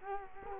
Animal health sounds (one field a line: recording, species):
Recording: mosquito wingbeat signal from an infrared sensor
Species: Culex quinquefasciatus